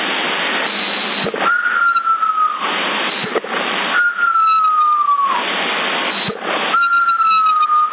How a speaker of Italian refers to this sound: Avanti il fischio, chi è? Avanti il fischio, che non sai nemmeno fischiare.